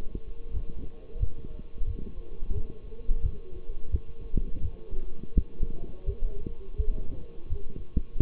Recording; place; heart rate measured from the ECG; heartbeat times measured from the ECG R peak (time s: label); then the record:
heart sounds by stethoscope; between the tricuspid and mitral areas; 86 bpm
0.52 s: heartbeat
1.19 s: heartbeat
1.86 s: heartbeat
2.53 s: heartbeat
3.22 s: heartbeat
3.91 s: heartbeat
4.61 s: heartbeat
5.34 s: heartbeat
6.05 s: heartbeat
6.77 s: heartbeat
7.48 s: heartbeat
8.19 s: heartbeat
From the record:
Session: walking at 3.7 km/h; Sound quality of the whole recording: partially saturated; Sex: male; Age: 24 years